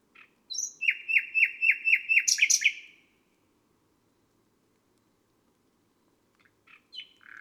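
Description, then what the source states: Nightingale song: a rapid run of repeated chirping notes with a harsh ending, followed by long silence and a few quiet notes. Nightingale recorded on a May night; listed among garden birds.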